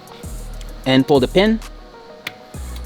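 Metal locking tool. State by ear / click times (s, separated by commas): seated / 2.3 s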